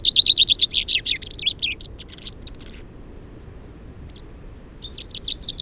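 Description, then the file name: Common chaffinch song: a loud rapid trill of bright notes falling toward the end, then a pause before another phrase begins. "Fringilla coelebs"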